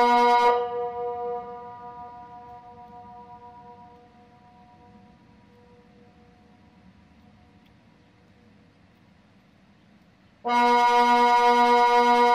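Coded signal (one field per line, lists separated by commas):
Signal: siren signal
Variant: Swiss Water Alert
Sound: low steady electronic siren tone stops, long silence, then the tone starts again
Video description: Signal: Twelve low steady tones Duration: 6 min. Meaning: Flooding by the reservoir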